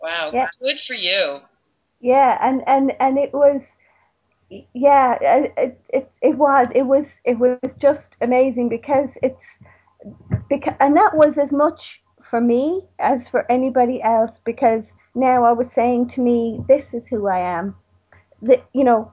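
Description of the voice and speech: Adult woman's speech with repeated words and syllables and drawn-out sounds before words, typical of stuttering. She hid her stutter as a covert stammerer for about 40 years and has spoken openly as someone who stutters for about the last 5 years.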